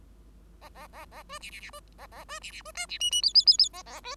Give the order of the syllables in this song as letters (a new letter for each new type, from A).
A A A A B C C C B A A B C C B D C E E F F F F A A B